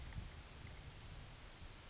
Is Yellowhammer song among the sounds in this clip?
no